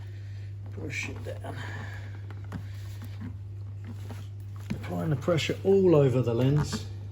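Pressure is applied all over the lens of a Kawasaki Z1000SX (Ninja 1000) motorcycle headlight to press it back onto the headlight housing during reassembly for a headlight upgrade, while someone talks over a steady low hum. Faint short ticks and handling noises are heard around 2.3–2.5 s and 4.7 s. Nothing has seated or clicked yet.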